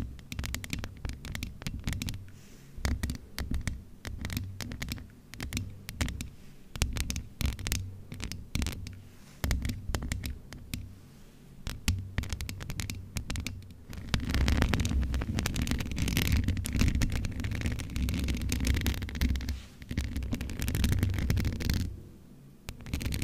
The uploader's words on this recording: ASMR Mic Scratching no Talking, MIT/OHNE Cover.